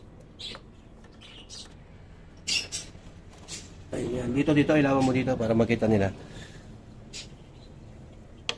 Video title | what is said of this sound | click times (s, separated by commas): YAMAHA MIO 4 FRONT SHOCK & BRAKE CALIPER INSTALLATION | y y pagka tumunog na ho siy ganyan lumapat na ho yan | 8.5 s